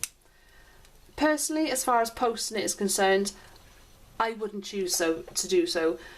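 The posted cap of a Faber-Castell Ambition Blue Ocean fountain pen with an extra fine nib is pulled off the end of the barrel, which takes a bit of pressure, and gives a sharp snap at 0.0 s. The cap comes free, and then someone talks.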